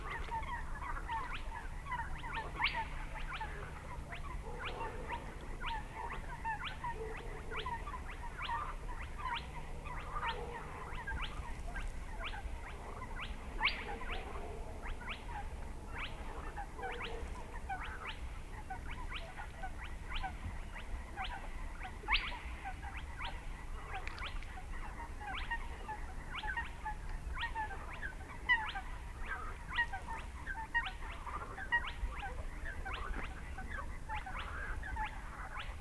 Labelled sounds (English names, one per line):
Spotted Crake